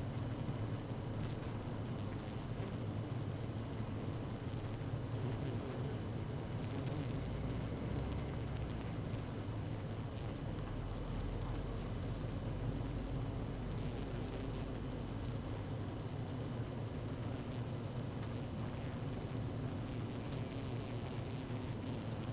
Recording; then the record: honeybee colony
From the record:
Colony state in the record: active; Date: 12 June 2018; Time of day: 17:08